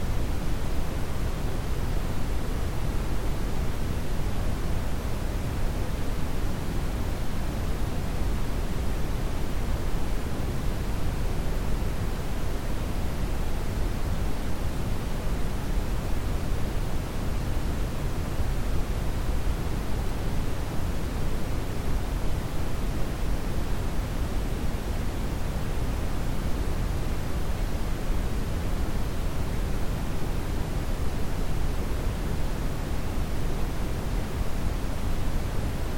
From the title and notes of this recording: Brown noise is softer than white noise.